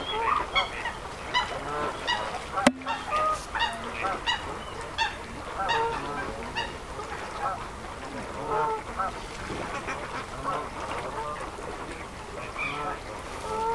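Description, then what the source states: Goose clamour: many honking calls overlapping in a dense, repeated chorus, with a single sharp click near the start. Geese clamouring among wildfowl on partly frozen water in winter, pre-dusk with mist rising from the reeds, Avalon Marshes, Somerset Levels.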